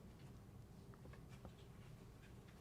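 Someone lines up a stamp or stencil piece in a stamping positioning guide, making light tapping and handling sounds with soft taps at about 0.9, 1.1 and 1.5 seconds over a quiet background. The piece has not locked into place yet.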